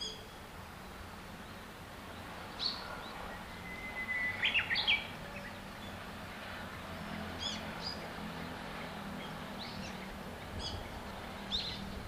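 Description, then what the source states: Japanese bush warbler song: a long, steady whistled note followed by a quick, higher rolling flourish, with faint chirps from other birds and a steady low background hum. Recorded in April 2007.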